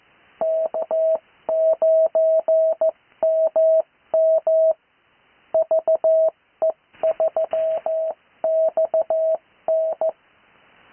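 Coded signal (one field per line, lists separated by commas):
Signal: Morse code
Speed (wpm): 14 wpm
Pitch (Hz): 640 Hz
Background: radio noise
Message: K9MM VE3XN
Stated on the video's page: Live Morse code lesson for international call sign practice.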